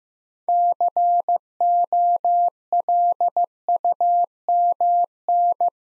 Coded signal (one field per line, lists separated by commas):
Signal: Morse code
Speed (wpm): 15 wpm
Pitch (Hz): 700 Hz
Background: none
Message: COLUMN